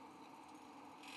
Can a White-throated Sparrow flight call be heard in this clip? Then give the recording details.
no. No flight call is heard. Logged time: 11:19 on 5 December 2014